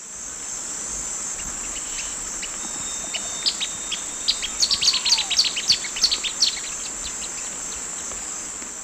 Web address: Nature Songs S America Eastern Lowlands Serpophaga hypoleuca, songs 2 birds